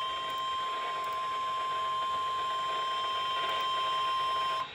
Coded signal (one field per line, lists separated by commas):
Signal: Emergency Alert System (SAME) tones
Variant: 1050 Hz attention tone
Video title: Doubleheader High Wind Warning [EAS #289-290]